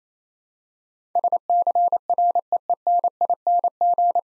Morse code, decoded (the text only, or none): SCREENING